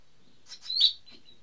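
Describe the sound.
Bird chirp, a short cluster of high notes rising into one loud bright tweet, then a softer note.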